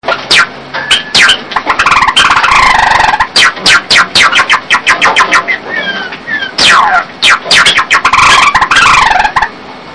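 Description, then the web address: Bird song, loud rapid chattering and squawking notes with sweeping harsh phrases, nearly continuous with brief gaps. "saezuri"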